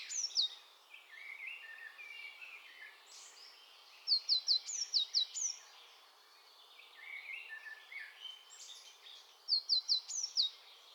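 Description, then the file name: Eurasian blue tit giving three bursts of thin, high, falling notes in quick runs, over a busy background of other sounds. "Cyanistes caeruleus"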